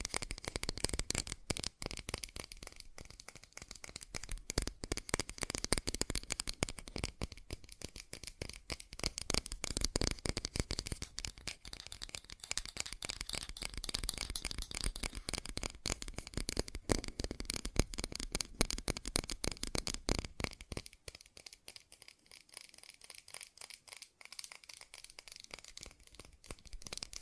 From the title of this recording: ASMR Fast Tapping